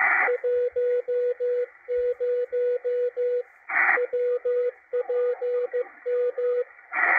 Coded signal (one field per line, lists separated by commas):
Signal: Morse code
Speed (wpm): 16 wpm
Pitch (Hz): 490 Hz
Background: radio noise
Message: 10 WPM